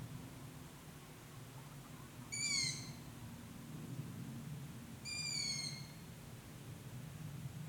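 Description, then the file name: Long-eared owl giving two high, thin, squeaky calls that slide slightly downward, a few seconds apart, over a low steady hum. Recorded on 27 June 2016. "20160627 hornuggla"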